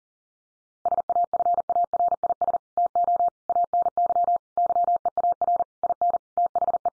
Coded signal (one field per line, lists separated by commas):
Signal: Morse code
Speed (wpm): 40 wpm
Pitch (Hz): 700 Hz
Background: none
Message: SAFARIS TO ANY YEAR IN THE